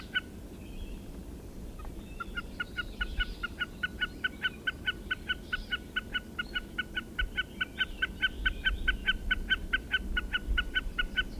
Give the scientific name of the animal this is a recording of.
Gallinago gallinago